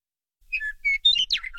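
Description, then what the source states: Western meadowlark song, a brief burst of clear whistled and gurgling notes. Year-round resident across much of Colorado; calls from tall, open perches such as fence posts, road signs or high grass stalks.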